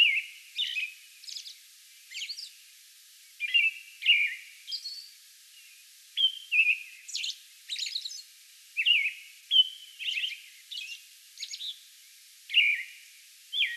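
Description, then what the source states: American robin song made of whistled, warbling phrases in short bursts, broken by short silences and high squeaks. Song bout recorded on May 11.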